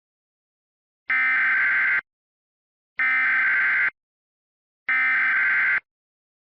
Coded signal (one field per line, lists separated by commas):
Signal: Emergency Alert System (SAME) tones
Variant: header bursts